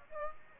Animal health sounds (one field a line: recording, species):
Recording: mosquito wingbeat signal from an infrared sensor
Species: Aedes aegypti